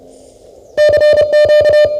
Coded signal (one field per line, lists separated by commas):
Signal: Morse code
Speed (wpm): 29 wpm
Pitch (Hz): 1800 Hz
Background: music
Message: CQ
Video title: Remote Control Forum - Hamvention 2018